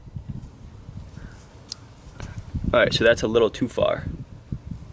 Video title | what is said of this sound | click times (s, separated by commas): E85 Kit Install(V6 Camaro/FlexFuel/DSX) | And she should click into place. | 1.7 s